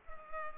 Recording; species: mosquito wingbeat signal from an infrared sensor; Culex pipiens